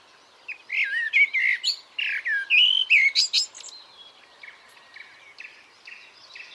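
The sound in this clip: Bird chirping calls, a rapid burst of sharp, twisting high notes for about three seconds, then softer scattered chirps.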